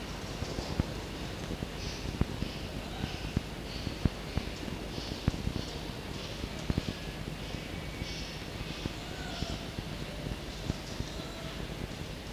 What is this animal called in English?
Red Fox